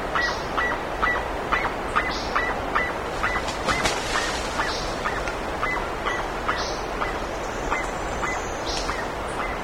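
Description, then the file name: Bird uttering a steady series of short honking calls, around two a second, with higher rasping notes and a brief burst of noise midway. "SABIOD 50 bird 2015"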